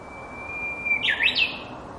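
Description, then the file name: Japanese bush warbler song, a long steady whistled note followed by a quick looping, warbling flourish. Recorded 12 June 2020. "uguisu"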